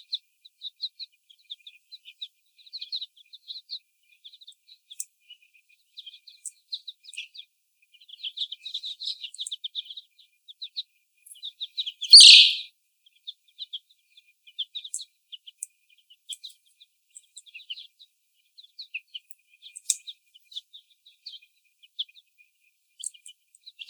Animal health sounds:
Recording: young laying hens in a cage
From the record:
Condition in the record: before the stressor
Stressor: sudden umbrella opening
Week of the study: 1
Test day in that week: 1

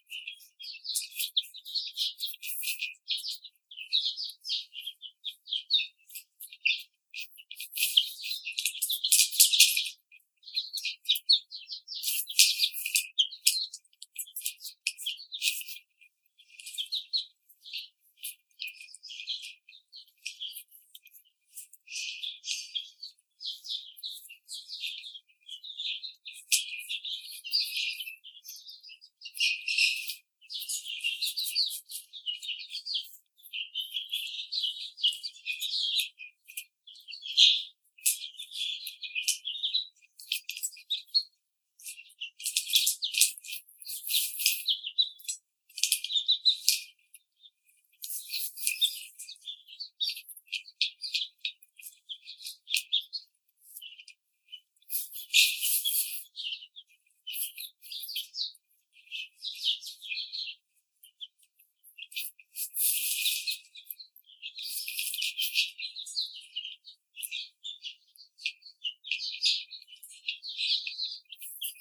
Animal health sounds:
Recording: young laying hens in a cage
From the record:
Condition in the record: treatment cage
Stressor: simulated dog barking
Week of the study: 5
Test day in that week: 1

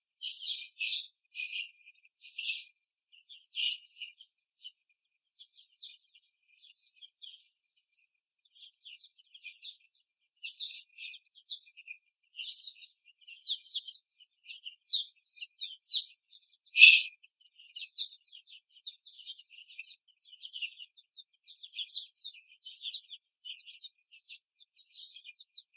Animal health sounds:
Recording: young laying hens in a cage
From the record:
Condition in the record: before the stressor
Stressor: simulated dog barking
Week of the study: 3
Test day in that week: 1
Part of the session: 1

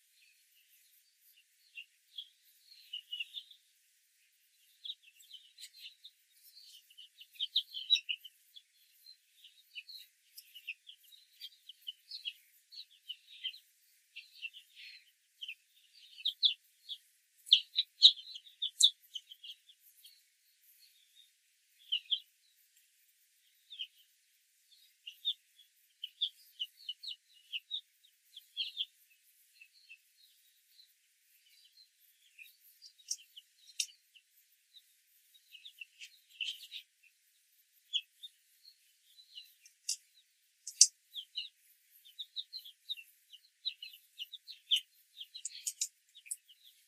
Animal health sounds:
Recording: young laying hens in a cage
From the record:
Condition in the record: control cage, after the stress test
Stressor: none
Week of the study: 4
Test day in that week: 1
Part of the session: 1

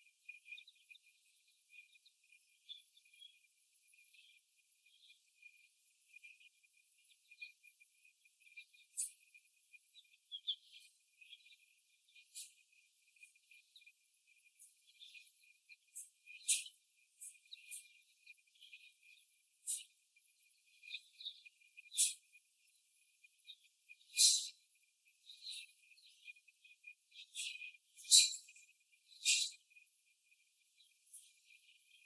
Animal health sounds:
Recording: young laying hens in a cage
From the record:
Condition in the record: after the stressor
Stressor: simulated dog barking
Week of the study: 1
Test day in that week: 1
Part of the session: 3

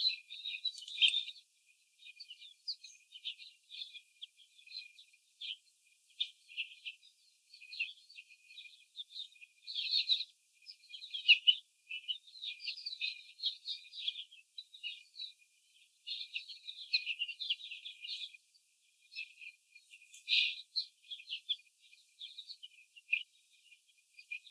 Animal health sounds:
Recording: young laying hens in a cage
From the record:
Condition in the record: before the stressor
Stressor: simulated dog barking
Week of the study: 4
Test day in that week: 3

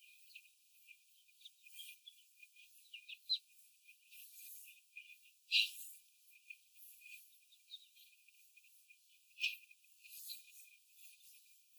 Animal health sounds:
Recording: young laying hens in a cage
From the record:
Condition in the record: after the stressor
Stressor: simulated dog barking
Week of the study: 4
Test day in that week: 1

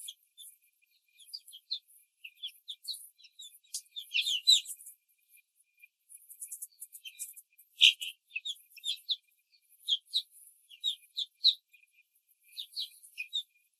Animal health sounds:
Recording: young laying hens in a cage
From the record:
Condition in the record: control cage, before the stress test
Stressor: none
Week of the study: 4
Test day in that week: 3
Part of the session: 3

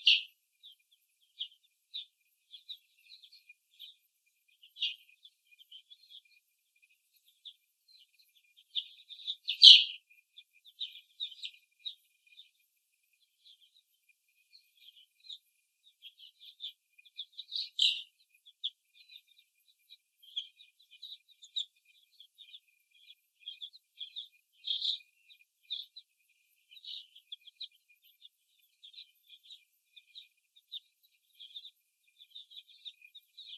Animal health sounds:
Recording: young laying hens in a cage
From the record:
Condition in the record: before the stressor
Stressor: simulated dog barking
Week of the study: 1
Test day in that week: 2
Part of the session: 3

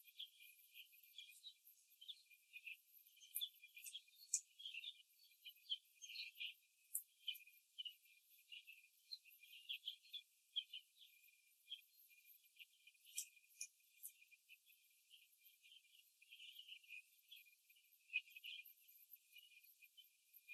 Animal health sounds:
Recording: young laying hens in a cage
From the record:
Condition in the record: before the stressor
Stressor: simulated dog barking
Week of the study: 2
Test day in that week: 3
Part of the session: 2

